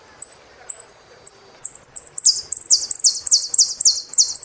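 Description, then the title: Saffron finch song: a few thin, high single chirps, then a fast series of repeated descending, slightly buzzy sweeps, roughly four per second, over a quiet background. "Jilguero Argentino"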